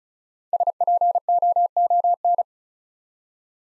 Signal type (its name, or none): Morse code